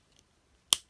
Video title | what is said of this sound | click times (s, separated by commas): Decepticon CRASHER Review - Transformers Velocitron Speedia 500 Collection | you'll hear that kind of Click into place | 0.7 s